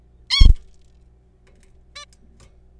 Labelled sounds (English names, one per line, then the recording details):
Zebra Finch
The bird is a juvenile
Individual R3428